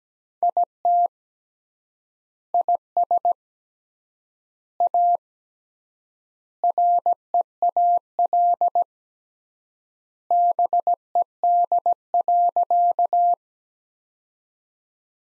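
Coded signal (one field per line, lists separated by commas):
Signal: Morse code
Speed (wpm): 17 wpm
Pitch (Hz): 700 Hz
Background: none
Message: IT IS A REAL BED.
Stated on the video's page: Morse code practice sentences from the top 500 words at 17 wpm with 3x standard word spacing.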